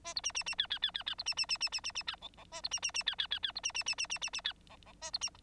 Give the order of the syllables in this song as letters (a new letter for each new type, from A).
A B C C C D D D D D B C C C C C C C D E E A B C C C D D D D B C C C C C C C D E E A B C